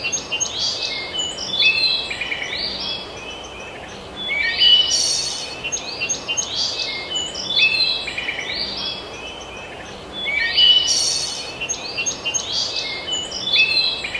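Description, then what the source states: Birds singing, a chorus of bright high chirps, whistles and quick trills over a steady soft hiss. Several birds singing in a forest in the morning.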